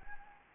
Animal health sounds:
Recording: mosquito wingbeat signal from an infrared sensor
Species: Anopheles gambiae

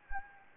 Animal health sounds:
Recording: mosquito wingbeat signal from an infrared sensor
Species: Anopheles gambiae

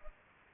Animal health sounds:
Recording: mosquito wingbeat signal from an infrared sensor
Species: Culex pipiens

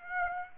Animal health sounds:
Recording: mosquito wingbeat signal from an infrared sensor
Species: Aedes aegypti

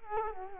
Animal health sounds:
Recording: mosquito wingbeat signal from an infrared sensor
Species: Culex quinquefasciatus

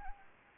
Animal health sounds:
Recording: mosquito wingbeat signal from an infrared sensor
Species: Anopheles gambiae

